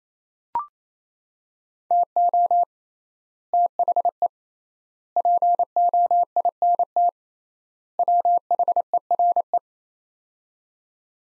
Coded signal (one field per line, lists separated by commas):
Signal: Morse code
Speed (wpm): 28 wpm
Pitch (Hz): 700 Hz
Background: none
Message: TO THE POINT WHERE